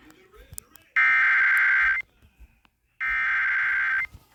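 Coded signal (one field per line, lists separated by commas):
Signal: Emergency Alert System (SAME) tones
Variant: header bursts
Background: speech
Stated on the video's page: EAS flood warning alert.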